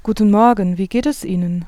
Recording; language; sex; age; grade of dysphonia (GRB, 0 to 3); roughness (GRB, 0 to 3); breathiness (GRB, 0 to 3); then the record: spoken sentence; German; female; 40 to 49 years; 1; 1; 1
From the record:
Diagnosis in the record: hyperfunctional dysphonia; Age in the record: 42 years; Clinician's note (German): Leichte Tendenz dazu, ponogener Faktor